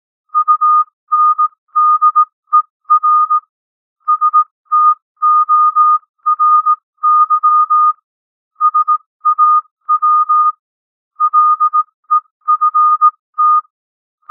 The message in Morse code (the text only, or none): UNDER STORY SAW LEFT